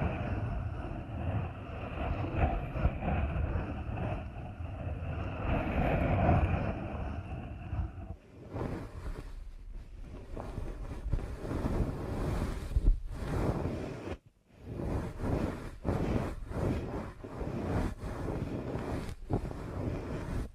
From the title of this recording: ASMR Deep Ear Canal Massage